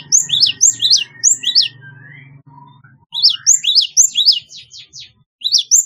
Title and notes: Kicau Burung Gelatik